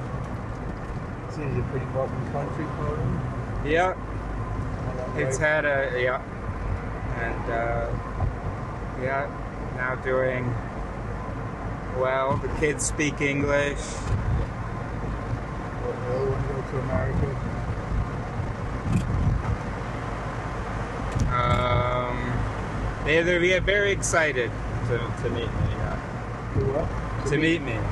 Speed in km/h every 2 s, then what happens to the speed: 60, 62, 63, 62, 62, 62, 63, 63, 65, 62, 62, 62, 63, 63.
0-28 steady at about 62.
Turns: none.